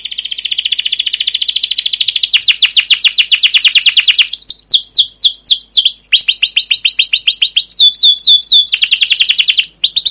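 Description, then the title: Canary delivering a dense buzzy roll that breaks into quick descending whistled notes and rapid trills, continuous and loud. Canary song used as a lure and master recording for teaching young canaries; long, continuous 'cuit cuit' chirping, described as emotional. "CUIT CUIT NGEROL LANGSUNG GACOR PANJANG Kenari Ini AMPUH Utk Pancingan KENAR"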